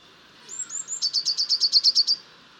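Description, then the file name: Eurasian blue tit singing: three thin, very high, slightly falling notes followed by a fast, even trill of about a dozen notes, over faint background hiss. "Cyanistes caeruleus"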